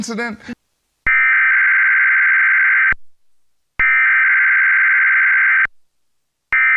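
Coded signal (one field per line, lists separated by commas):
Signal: Emergency Alert System (SAME) tones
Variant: header bursts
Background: speech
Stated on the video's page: Required weekly EAS test from a MyNetworkTV affiliate television station, recorded over the air.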